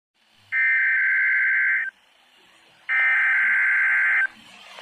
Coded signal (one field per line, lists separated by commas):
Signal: Emergency Alert System (SAME) tones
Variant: header bursts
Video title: NOAA Weather radio: Required Weekly Test